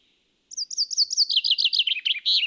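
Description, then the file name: Common chaffinch singing a descending series of bright, slurred notes that ends in a brief, emphatic flourish. "Fringilla coelebs"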